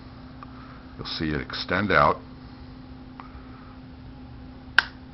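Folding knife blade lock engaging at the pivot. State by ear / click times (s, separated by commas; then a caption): seated / 4.8 s. A folding knife's blade is opened while its push-rod lock extends off the pivot pin. Someone talks briefly, then the lock snaps into place with a loud, sharp click at 4.8 s. The blade is now locked.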